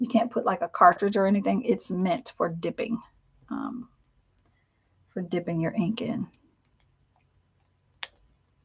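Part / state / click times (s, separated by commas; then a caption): dip pen section or cap onto the pen body / seated / 8.0 s. Someone talks about a dip pen meant for dipping in ink, then pushes the pen's section or cap back onto the pen body. A single sharp click at 8.0 s shows it has seated back into place.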